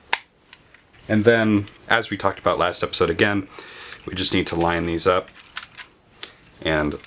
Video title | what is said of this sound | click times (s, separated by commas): LEGO Republic Gunship Build Log #2 | last up so and this will just click right in to place and then | 0.1 s